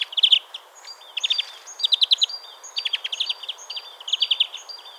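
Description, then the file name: European greenfinch: steady stream of quick chirping trills and twitters in short bursts, with fainter higher notes between them. "Chloris chloris"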